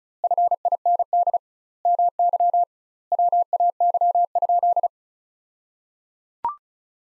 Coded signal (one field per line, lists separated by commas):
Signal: Morse code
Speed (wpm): 36 wpm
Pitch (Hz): 700 Hz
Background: none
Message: FIND MY WAY?